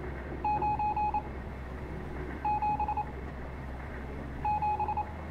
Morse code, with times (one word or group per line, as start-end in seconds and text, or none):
0.5-1.2 9
2.5-3.0 7
4.5-5.0 7